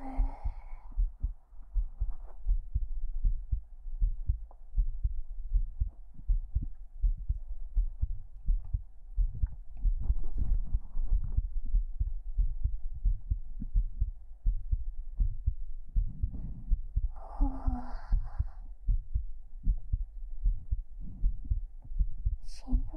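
Steady, deep thumping at about 80 beats a minute runs throughout over a faint low hum. Two brief soft vocal sounds break in near the start and again later. It is an ordinary adult heartbeat, picked up closely with a microphone and boosted in level.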